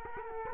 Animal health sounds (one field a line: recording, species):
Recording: mosquito wingbeat signal from an infrared sensor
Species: Culex quinquefasciatus